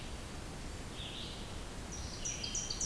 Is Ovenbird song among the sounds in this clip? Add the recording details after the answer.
no. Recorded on 2 June 2016 at 08:27. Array SBT-3-7